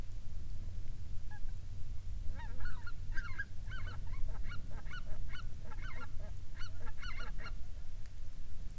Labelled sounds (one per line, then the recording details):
waterfowl
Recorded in the Prudhoe Bay oil fields, Alaska, on 12 May 2019 at 16:09
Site 21